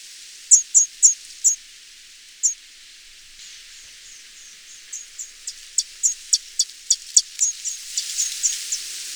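Orange bishop calls: high, dry chips in a quick series of four, a lone chip, then a series of sharp ticks ending in a sizzling chatter.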